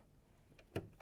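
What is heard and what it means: On a domestic sewing machine, the presser-foot holder is lowered onto a new snap-on presser foot, and the foot clips onto the metal shank. A faint tick at 0.6 s comes before a sharp click at 0.8 s, and another light tick follows near 1.0 s. The foot is seated and confirmed in place.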